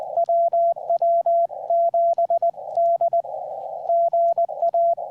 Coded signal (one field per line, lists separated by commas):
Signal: Morse code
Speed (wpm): 19 wpm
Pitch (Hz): 680 Hz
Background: radio noise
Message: WW7D GA